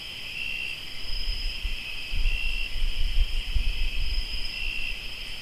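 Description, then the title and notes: Cricket chorus sustains a high, buzzy trill with a few short brighter notes, over fluctuating low rumbling. Crickets recorded in Tlayacapan, Morelos. "Sonidos de grillos en Tlayacapan - Morelos"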